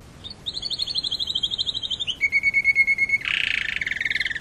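Canary singing a fast high trill, then a lower rolling trill, then a harsh buzzy rattle followed by a final pulsed trill.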